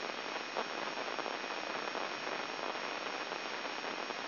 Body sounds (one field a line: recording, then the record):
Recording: brain microelectrode recording played as sound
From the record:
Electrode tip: inside the subthalamic nucleus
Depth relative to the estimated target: 0 mm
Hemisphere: left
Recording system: AlphaMap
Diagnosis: Parkinson's disease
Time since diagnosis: 7 years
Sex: male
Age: 59 years